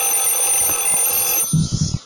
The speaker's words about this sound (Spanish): Por ejemplo, el sonido del timbre del teléfono. A mí es un sonido que realmente me causa una extraña sensación cada vez que lo escucho. De cualquier teléfono, de los viejos, de los nuevos, ese sonido agudo.